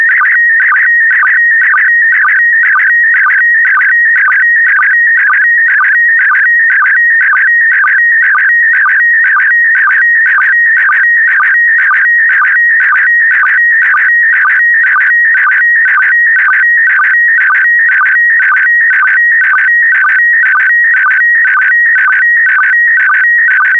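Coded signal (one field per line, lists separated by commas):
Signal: SSTV (slow-scan television)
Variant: PD120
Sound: steady warbling, chirping tone with a rhythmic low blip about twice a second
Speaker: complete. You can now check your decoded image against the picture that is shown on the video.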